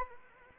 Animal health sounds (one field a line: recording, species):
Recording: mosquito wingbeat signal from an infrared sensor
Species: Anopheles arabiensis